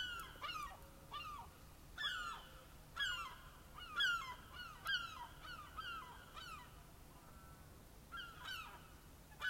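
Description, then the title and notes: Gulls calling in a series of downward-slurred yelps, about one per second with brief pauses, against a calm background. Gulls calling on a quiet morning in a small secluded park in Dublin. "Sounds of gulls calling in an otherwise quiet atmosphere."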